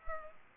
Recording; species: mosquito wingbeat signal from an infrared sensor; Culex pipiens